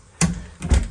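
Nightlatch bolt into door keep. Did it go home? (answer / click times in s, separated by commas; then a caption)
no / none. A door fitted with a nightlatch is closed, giving a sharp knock at about 0.2 s and a second, softer knock around 0.6 to 0.7 s. The nightlatch bolt does not catch in the door keep, which is out of line, so the door is not latching properly and nothing has clicked into place.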